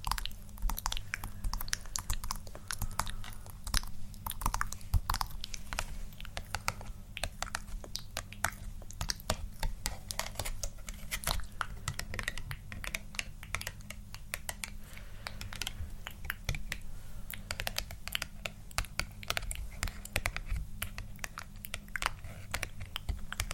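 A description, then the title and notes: Layered mouth sounds, dense and constant: rapid clicky tapping and scratchy crackles over a steady low hum, with no pauses throughout. ASMR Personal Attention For EXTREME Tingles Tapping, Scratching, Layered, Mouth Sounds.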